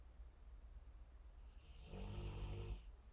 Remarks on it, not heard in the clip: He's got a loud snore. That's my dog.